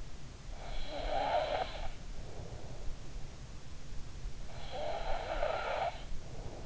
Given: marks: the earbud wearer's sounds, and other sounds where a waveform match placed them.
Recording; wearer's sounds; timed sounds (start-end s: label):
sounds in sleep by an in-ear microphone; snoring breath
0.65-2.93 s: snoring breath
4.56-6.65 s: snoring breath